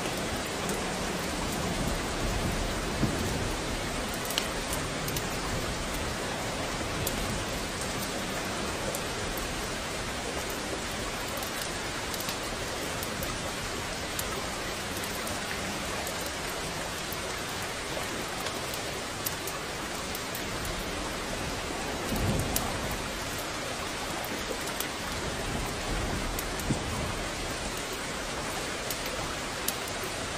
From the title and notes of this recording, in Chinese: 雨天烤火声丨白噪音。